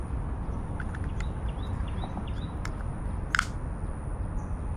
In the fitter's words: satisfying click sound, and this is ready.